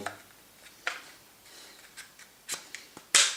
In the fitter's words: you push it all the way back all the way back in till you hear it click then